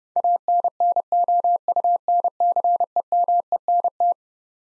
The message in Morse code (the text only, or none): ANNOUNCEMENT